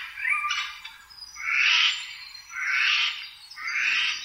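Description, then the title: Eurasian jay uttering a series of hoarse, grating screams, about four in quick succession, each swelling then fading, over a quiet background. "朝の小鳥. カケスの雲溜め"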